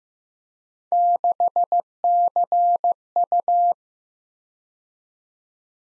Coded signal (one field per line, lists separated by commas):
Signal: Morse code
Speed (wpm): 18 wpm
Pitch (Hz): 700 Hz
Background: none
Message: 6CU